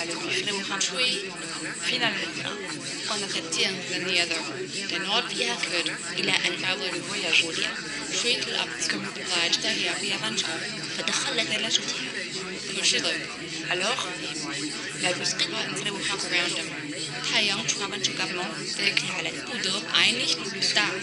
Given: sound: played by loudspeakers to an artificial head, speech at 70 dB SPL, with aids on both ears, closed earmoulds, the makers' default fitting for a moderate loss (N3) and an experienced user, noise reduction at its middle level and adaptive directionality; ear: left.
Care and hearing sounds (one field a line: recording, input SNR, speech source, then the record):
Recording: speech test signal (ISTS) in cocktail-party noise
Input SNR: -6 dB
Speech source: in front (0 degrees)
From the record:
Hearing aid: class 1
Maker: B